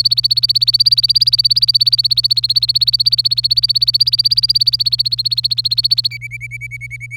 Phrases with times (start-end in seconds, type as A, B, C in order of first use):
0.00-6.08 A, 6.11-7.17 B